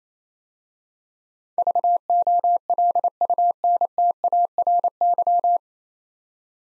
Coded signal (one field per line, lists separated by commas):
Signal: Morse code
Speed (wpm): 27 wpm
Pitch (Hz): 700 Hz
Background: none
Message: VOLUNTARY